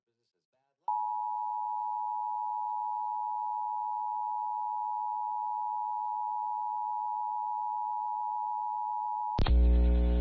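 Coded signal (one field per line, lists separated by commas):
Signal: Emergency Alert System (SAME) tones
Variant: 853 and 960 Hz attention tone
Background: speech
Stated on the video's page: Pennsylvania statewide required monthly test relayed by FM, AM and TV broadcast stations and an EASyCAST relay.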